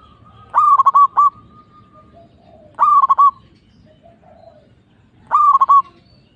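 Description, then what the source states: Zebra dove song: three phrases of quick, soft cooing notes near one pitch, each a stuttered burst then a longer held coo, starting a little over two seconds apart. Local zebra dove.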